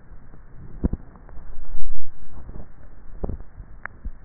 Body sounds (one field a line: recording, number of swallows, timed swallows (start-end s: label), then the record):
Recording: swallowing sounds by neck microphone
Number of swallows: 1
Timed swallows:
2.45-3.55 s: swallow
From the record:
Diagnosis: dysphagia